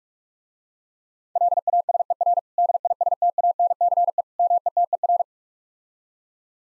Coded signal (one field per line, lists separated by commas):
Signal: Morse code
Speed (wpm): 43 wpm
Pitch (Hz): 700 Hz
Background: none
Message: LASER DISTANCE METER